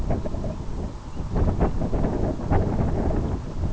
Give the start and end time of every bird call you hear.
[0.38, 0.63] Calcarius lapponicus (1.9-3.1 kHz)
[1.01, 1.26] Calcarius lapponicus (2.3-3.5 kHz)
[1.51, 1.74] Calcarius lapponicus (2.5-3.4 kHz)

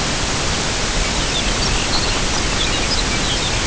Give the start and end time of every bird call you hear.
[0.93, 3.57] Calcarius lapponicus (1.9-6.3 kHz)

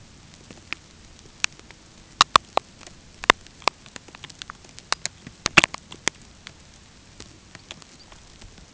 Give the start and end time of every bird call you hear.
[7.46, 8.12] Phalaropus fulicarius (3.6-5.4 kHz)

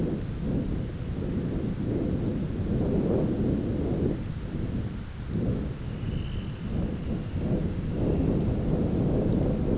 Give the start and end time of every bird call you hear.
[5.67, 8.41] Calidris alpina (2.0-4.0 kHz)

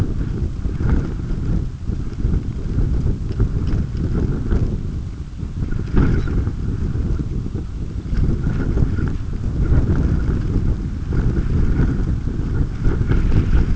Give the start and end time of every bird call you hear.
[6.05, 6.33] Phalaropus fulicarius (2.8-4.5 kHz)

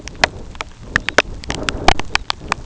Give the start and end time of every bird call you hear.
[0.87, 1.24] Phalaropus fulicarius (3.2-4.7 kHz)
[1.98, 2.31] Phalaropus fulicarius (3.0-4.6 kHz)

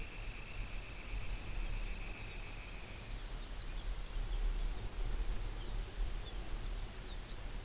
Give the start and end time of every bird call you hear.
[0.00, 3.21] Calidris alpina (1.3-3.5 kHz)
[1.50, 2.46] Calcarius lapponicus (2.9-5.4 kHz)
[3.06, 4.96] Calcarius lapponicus (1.9-6.1 kHz)
[5.42, 7.42] Calcarius lapponicus (2.5-5.8 kHz)

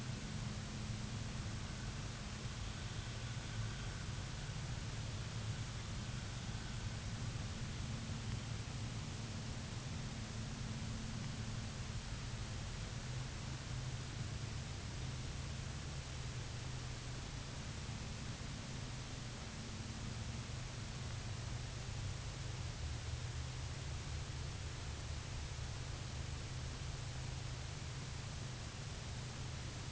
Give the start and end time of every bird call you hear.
[2.19, 3.96] Calidris pusilla (2.4-4.8 kHz)
[5.08, 6.91] Calidris pusilla (2.4-4.8 kHz)

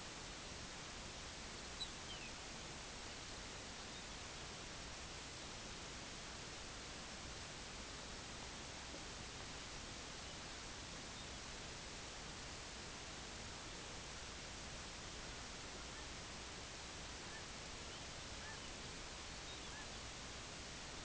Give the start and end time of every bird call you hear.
[1.66, 2.36] Calcarius lapponicus (1.9-4.7 kHz)
[3.80, 4.10] Calcarius lapponicus (3.2-4.2 kHz)

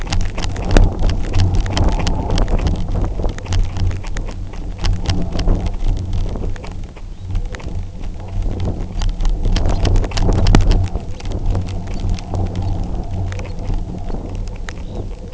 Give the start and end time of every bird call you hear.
[6.98, 7.40] Phalaropus fulicarius (2.7-4.3 kHz)
[8.84, 9.13] Phalaropus fulicarius (4.2-5.1 kHz)
[9.63, 9.89] Phalaropus fulicarius (3.5-5.2 kHz)
[10.30, 10.62] Phalaropus fulicarius (4.0-5.4 kHz)
[11.09, 11.29] Phalaropus fulicarius (4.1-5.1 kHz)
[11.80, 12.11] Phalaropus fulicarius (4.1-5.2 kHz)
[12.53, 12.79] Phalaropus fulicarius (4.0-5.1 kHz)
[13.38, 13.62] Phalaropus fulicarius (4.0-4.8 kHz)
[13.98, 14.22] Phalaropus fulicarius (4.0-4.8 kHz)
[14.65, 15.12] Phalaropus fulicarius (3.0-4.3 kHz)

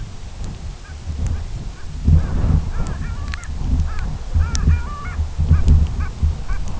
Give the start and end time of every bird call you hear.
[0.80, 0.95] Clangula hyemalis (0.9-2.9 kHz)
[1.27, 1.82] Clangula hyemalis (0.7-2.7 kHz)
[2.15, 3.54] Clangula hyemalis (0.7-2.8 kHz)
[3.81, 5.16] Clangula hyemalis (0.8-3.1 kHz)
[5.46, 5.67] Clangula hyemalis (0.9-2.8 kHz)
[5.92, 6.12] Clangula hyemalis (0.8-3.1 kHz)
[6.43, 6.61] Clangula hyemalis (0.7-3.0 kHz)

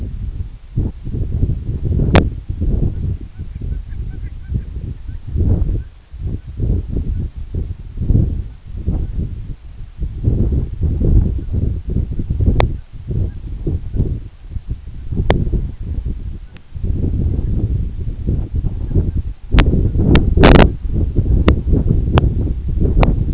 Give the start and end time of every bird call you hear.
[2.88, 3.06] Branta canadensis (0.5-2.6 kHz)
[3.31, 5.20] Branta canadensis (0.5-2.7 kHz)
[5.74, 5.89] Branta canadensis (0.8-2.3 kHz)
[6.28, 6.50] Branta canadensis (0.8-2.5 kHz)
[7.05, 7.26] Branta canadensis (0.9-2.4 kHz)
[8.43, 8.62] Branta canadensis (0.7-2.5 kHz)
[8.96, 9.18] Branta canadensis (0.6-2.2 kHz)
[11.35, 11.52] Branta canadensis (0.8-2.2 kHz)
[12.10, 12.23] Branta canadensis (0.9-2.0 kHz)
[12.71, 12.88] Branta canadensis (0.7-2.2 kHz)
[13.21, 13.40] Branta canadensis (0.6-2.3 kHz)
[13.86, 14.46] Branta canadensis (0.4-2.2 kHz)
[14.90, 15.10] Branta canadensis (0.8-2.0 kHz)
[16.41, 16.57] Branta canadensis (0.3-2.1 kHz)
[17.27, 17.50] Branta canadensis (1.1-2.5 kHz)
[18.80, 19.20] Branta canadensis (1.0-2.2 kHz)

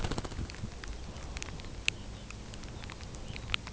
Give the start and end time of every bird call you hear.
[1.01, 1.24] Phalaropus fulicarius (1.9-3.6 kHz)
[2.10, 2.32] Phalaropus fulicarius (2.6-3.6 kHz)
[2.66, 3.43] Phalaropus fulicarius (2.3-4.4 kHz)

